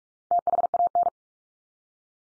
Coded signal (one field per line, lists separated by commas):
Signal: Morse code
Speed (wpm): 44 wpm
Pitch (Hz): 700 Hz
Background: none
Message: THAN